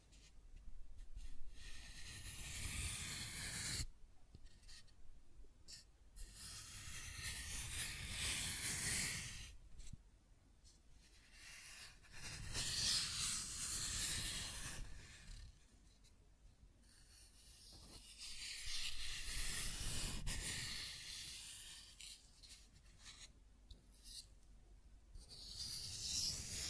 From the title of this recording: Scratching and Tracing Sounds